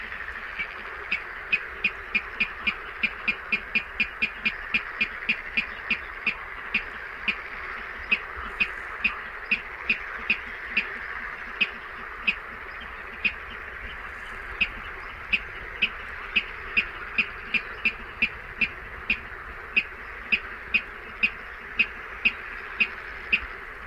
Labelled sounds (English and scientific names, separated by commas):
Water Rail (Rallus aquaticus)